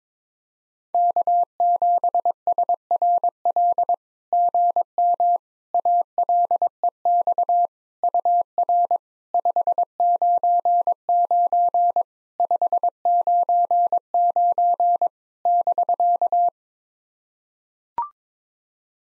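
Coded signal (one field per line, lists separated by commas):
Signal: Morse code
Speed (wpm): 22 wpm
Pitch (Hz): 700 Hz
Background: none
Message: K7SRL GM ALEX UR 599 599 <BK>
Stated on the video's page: Generated Morse at 22wpm of SOTA summit QSO exchanges for practice, each sent, spoken, then sent again.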